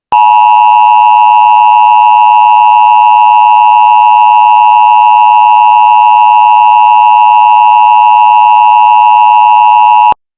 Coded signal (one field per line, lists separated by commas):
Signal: Emergency Alert System (SAME) tones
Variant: 853 and 960 Hz attention tone